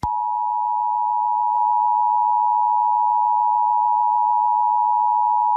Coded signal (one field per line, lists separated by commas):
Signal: Emergency Alert System (SAME) tones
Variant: 853 and 960 Hz attention tone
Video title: EAS Scenario #5: Worst Day Ever